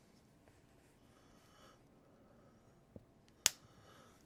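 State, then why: Seated. A plastic part from an Agora 1:2 scale Terminator T-800 model kit (build stages 37–40) is pressed into its mating piece in the T-800 skull assembly. Two faint ticks at 3.0 s and 3.3 s come before a sharp, loud click at 3.5 s as the part snaps home. The part is seated.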